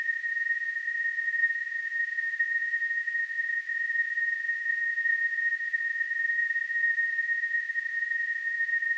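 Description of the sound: Simulated tonal tinnitus: a steady, unbroken high-pitched tone near 2 kHz with a faint hiss above it, constant throughout.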